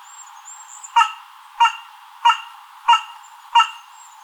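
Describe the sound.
Carrion crow giving five harsh, hoarse caws, evenly spaced about two-thirds of a second apart.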